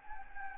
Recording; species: mosquito wingbeat signal from an infrared sensor; Anopheles gambiae